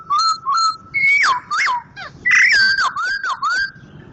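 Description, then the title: Laughingthrush giving loud fluty whistles that rise and fall, mixed with short harsh notes in a quick continuous phrase. Loud, vigorous singing. "Poksay Jambul Sumatra Suara Keras Juara Nasional. Poksay Hongkong gacor mantab (Gathutkaca)"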